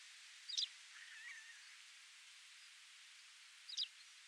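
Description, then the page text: White wagtail uttering two short, high, sharp chirps about three seconds apart over a steady background hiss. "Louis A. Hansen - Белая трясогузка (Motacilla alba)"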